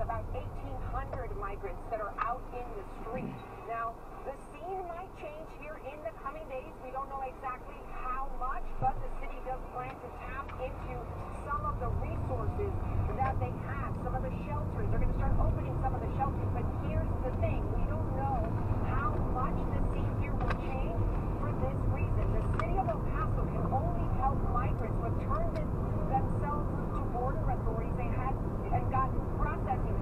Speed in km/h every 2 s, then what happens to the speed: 13, 3, 0, 0, 0, 0, 13, 23, 31, 37, 40, 44, 45, 45, 45.
0-3 brakes to 0. 3-11 standing. 11-23 pulls away to 45. 23-30 steady at about 45.